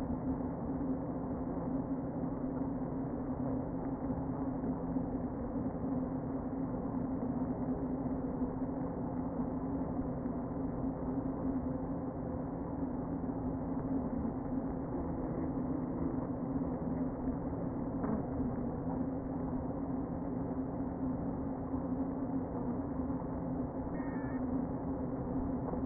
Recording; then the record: honeybee colony, microphone inside the hive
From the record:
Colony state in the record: queen present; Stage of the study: before two queens were removed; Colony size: about 60,000 bees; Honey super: yes